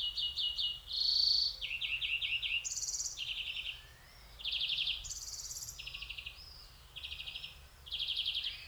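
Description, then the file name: European greenfinch song: a rapid run of short trilled phrases, each a fast buzzy rattle of repeated notes, switching between mid and very high pitches, with brief gaps between bursts. "Chloris chloris"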